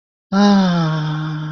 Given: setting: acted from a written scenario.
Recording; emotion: vocal sound without words; serenity